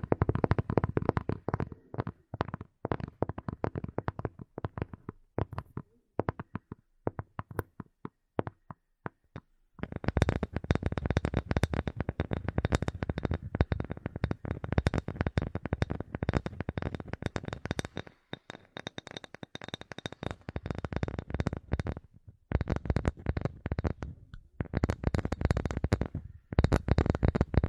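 Dry tapping sounds. For the first ten seconds the knocks come in quick separate bursts with short gaps; after that they run together into a dense, almost continuous rattling patter, briefly pausing around eighteen and twenty-three seconds.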